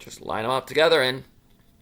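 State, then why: Not seated. Someone talks while lining up the two tabs on the edge of the plastic head of a Transformers Legacy United Silverbolt transforming toy figure with the two slots in its body. The head is handled but nothing has snapped or seated yet.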